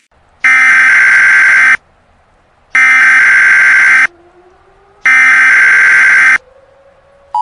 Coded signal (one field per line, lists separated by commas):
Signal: Emergency Alert System (SAME) tones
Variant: header bursts